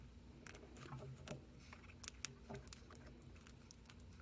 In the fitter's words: cool i didn't get quite an audible click but if i just pull back and forth that thing's in there pretty good